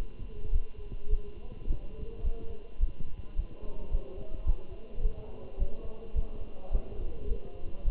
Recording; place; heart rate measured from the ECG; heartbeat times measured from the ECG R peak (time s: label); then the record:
heart sounds by stethoscope; between the tricuspid and mitral areas; 106 bpm
0.52 s: heartbeat
1.09 s: heartbeat
1.67 s: heartbeat
2.24 s: heartbeat
2.80 s: heartbeat
3.36 s: heartbeat
3.91 s: heartbeat
4.46 s: heartbeat
5.02 s: heartbeat
5.59 s: heartbeat
6.15 s: heartbeat
6.71 s: heartbeat
7.28 s: heartbeat
7.84 s: heartbeat
From the record:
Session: Bruce protocol treadmill stress test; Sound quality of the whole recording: good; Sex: male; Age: 27 years